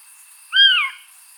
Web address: otus scops call